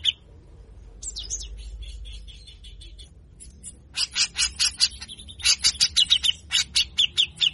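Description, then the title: Grey-cheeked bulbul giving bursts of harsh, scratchy notes, scattered at first, then a quick series of rasping chirps, with low background hum. Training song for songbird keepers: harsh 'besetan kasar' song, meant to get a cucak jenggot to sing readily (gacor). "MASTERAN CUCAK JENGGOT GACOR FULL BESETAN KASAR. Jenggot Bahan Cepat Gacor hanya Dengar Besetanya"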